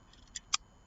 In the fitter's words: and it locks into place i love it this is actually a bit driver so it